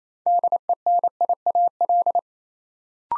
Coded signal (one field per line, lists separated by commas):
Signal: Morse code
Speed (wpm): 29 wpm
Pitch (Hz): 700 Hz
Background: none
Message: DENIAL